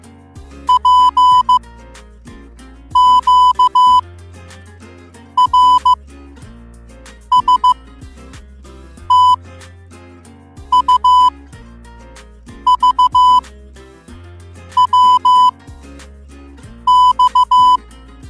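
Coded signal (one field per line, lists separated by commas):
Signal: Morse code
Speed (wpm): 15 wpm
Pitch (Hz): 1000 Hz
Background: music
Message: P Q R S T U V W X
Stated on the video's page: Morse code sound effects.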